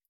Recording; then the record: hydrophone in a shrimp aquaculture tank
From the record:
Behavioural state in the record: stressed